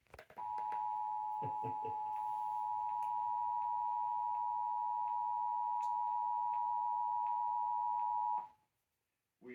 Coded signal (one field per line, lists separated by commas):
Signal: Emergency Alert System (SAME) tones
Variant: 853 and 960 Hz attention tone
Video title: (FOUND) Levi's Call Activation (EAS #17)